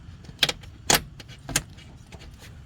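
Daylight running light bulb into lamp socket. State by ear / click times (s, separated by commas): seated / 0.4 s, 0.9 s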